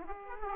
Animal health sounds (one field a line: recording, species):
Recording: mosquito wingbeat signal from an infrared sensor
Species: Aedes aegypti